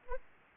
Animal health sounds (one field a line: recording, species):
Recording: mosquito wingbeat signal from an infrared sensor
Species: Anopheles arabiensis